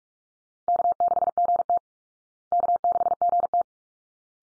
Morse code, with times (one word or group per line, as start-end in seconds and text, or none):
0.7-1.8 K6GT
2.5-3.6 K6GT